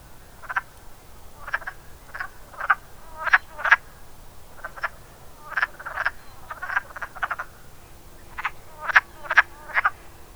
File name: woodfrog